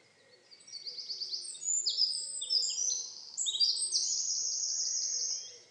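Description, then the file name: Eurasian wren singing a long, piercing burst of rapid twittering notes and rattling trills, high-pitched and energetic, ending in a sustained fast trill. "Troglodytes troglodytes"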